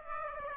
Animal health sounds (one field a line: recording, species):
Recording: mosquito wingbeat signal from an infrared sensor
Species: Aedes aegypti